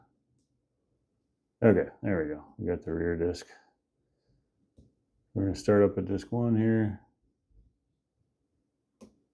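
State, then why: Seated. While a Zarker J45 disc detainer padlock is being picked, a metal detainer disc in the padlock core is rotated until it sets at the gate and clicks into place. Someone talks through most of the clip, then a short, solid click sounds at 9.0 s as the disc seats.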